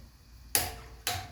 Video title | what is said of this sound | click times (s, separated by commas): Slow air leak, tire repair. | Another click. Good. | 0.6 s, 1.1 s